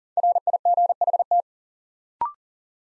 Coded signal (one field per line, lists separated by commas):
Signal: Morse code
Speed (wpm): 40 wpm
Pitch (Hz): 700 Hz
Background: none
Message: RIGHT